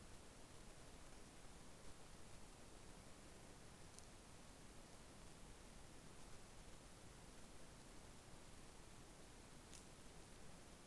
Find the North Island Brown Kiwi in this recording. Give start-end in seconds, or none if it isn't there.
none